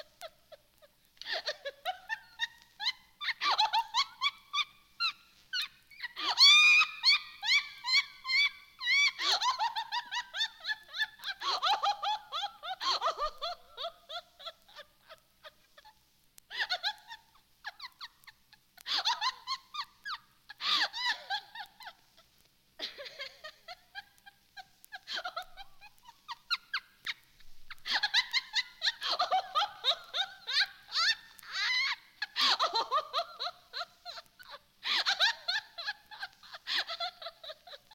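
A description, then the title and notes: Bursts of high, breathy laughter come in quick rhythmic pulses, like giggling or cackling, with short pauses between fits. The sound is bright, rising and falling in pitch through each burst, and continues in waves across the whole stretch with no background noise. Laughter Sounds - Sound FX.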